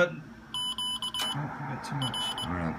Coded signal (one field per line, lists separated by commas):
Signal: Morse code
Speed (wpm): 20 wpm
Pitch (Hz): 3000 Hz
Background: speech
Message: Q R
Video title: HF autotuner MFJ-998 Intellituner